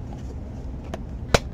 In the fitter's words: close that back up hear that snap